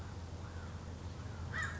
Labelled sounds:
American Crow
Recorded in Sonoma County, California

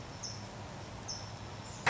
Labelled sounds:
California Towhee
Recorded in Sonoma County, California

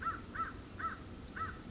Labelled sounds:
American Crow
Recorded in Sonoma County, California

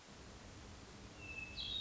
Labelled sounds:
Hermit Thrush
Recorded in Sonoma County, California

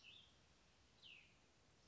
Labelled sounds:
Cassin's Vireo
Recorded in Sonoma County, California

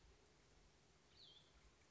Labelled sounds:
Cassin's Vireo
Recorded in Sonoma County, California

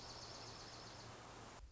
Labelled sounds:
Dark-eyed Junco
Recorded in Sonoma County, California

